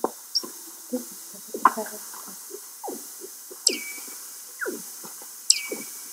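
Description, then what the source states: Seal calls: a series of short, low, knocking pulses, with two high whistles that swoop down and then hold a steady tone. Antarctic seal.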